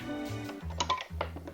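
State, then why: Seated. The hooked end of a desk-mount bracket is clipped under and into its slot on a trunk-mounted desk frame over background music, with a few light clinks around 0.8 to 1.0 seconds. A sharp click at 1.2 seconds marks the hook seating in place.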